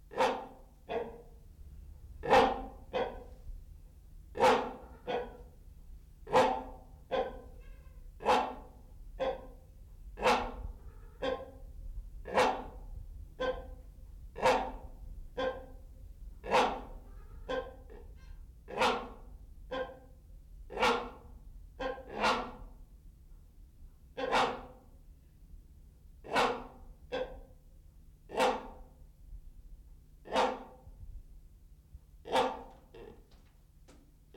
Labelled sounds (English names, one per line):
Great Hornbill call